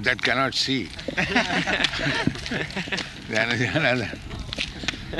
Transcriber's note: laughter